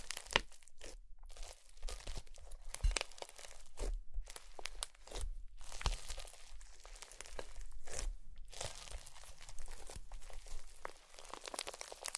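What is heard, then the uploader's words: Slime being squished and worked, with a steady run of wet crackles, pops and crinkly snaps across the whole twelve seconds. Sharp bright bursts land every second or so, with a few louder squelches near 3, 4, and 8 seconds. Slime Sounds.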